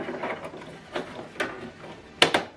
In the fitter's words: you hear a click sound okay